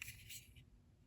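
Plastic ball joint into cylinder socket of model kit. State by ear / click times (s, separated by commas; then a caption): not seated / none. A plastic ball joint on a Gundam model kit is pushed into a plain cylindrical socket. There is only a faint tick at 0.0 s and a soft scraping slide around 0.3 s as it goes in. Nothing clicks or seats; it just slides right in and stays loose.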